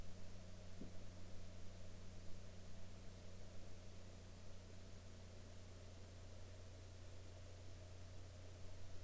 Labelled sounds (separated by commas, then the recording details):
aircraft
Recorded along the Dempster Highway, Canada, on 3 May 2020 at 07:08
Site 13